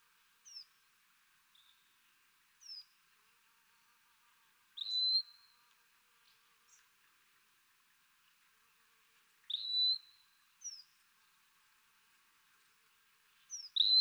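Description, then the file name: Wallcreeper offering sparse, sharp upslurred whistles separated by pauses, with brief high downslurred notes in between. "TICHODROME"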